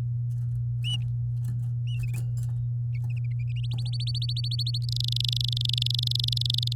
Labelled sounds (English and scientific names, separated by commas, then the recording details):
Domestic Canary (Serinus canaria) song
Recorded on 9 May 2018 at 13:00
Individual llb16